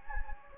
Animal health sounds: mosquito wingbeat signal from an infrared sensor; Anopheles gambiae

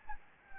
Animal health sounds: mosquito wingbeat signal from an infrared sensor; Anopheles gambiae

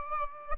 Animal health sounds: mosquito wingbeat signal from an infrared sensor; Aedes aegypti

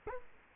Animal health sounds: mosquito wingbeat signal from an infrared sensor; Culex quinquefasciatus

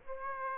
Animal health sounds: mosquito wingbeat signal from an infrared sensor; Aedes aegypti

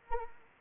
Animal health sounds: mosquito wingbeat signal from an infrared sensor; Anopheles arabiensis

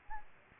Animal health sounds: mosquito wingbeat signal from an infrared sensor; Aedes aegypti

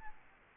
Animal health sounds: mosquito wingbeat signal from an infrared sensor; Aedes albopictus

